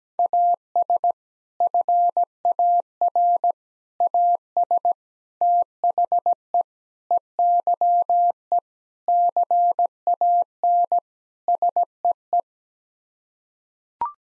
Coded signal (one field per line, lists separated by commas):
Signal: Morse code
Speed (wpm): 17 wpm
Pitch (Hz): 700 Hz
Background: none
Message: AS FAR AS THE EYE CAN SEE